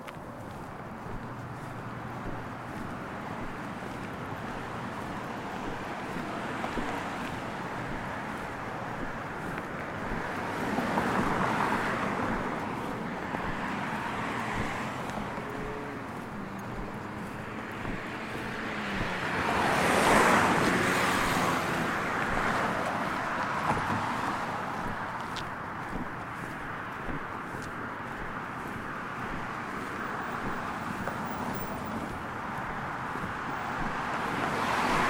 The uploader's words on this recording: A slightly different walk thought the area around my hotel in San Antonio. Same neighborhood, slightly different path through the buildings along 410. For this walk I recorded on an F6 via the line-out of a an H5 and it’s stereo X/Y capsule. Slightly more handling noise because of the cable into my bag.